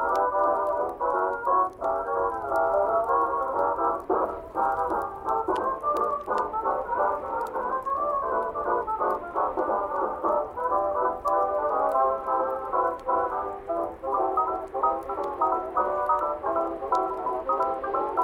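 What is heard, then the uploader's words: Oldies music plays softly from another room, muffled so that only the middle of the sound comes through, with little bass or treble. The tune runs continuously at an even level for the whole stretch, its notes blurring together, with faint ticks now and then. Oldies music playing softly from another room.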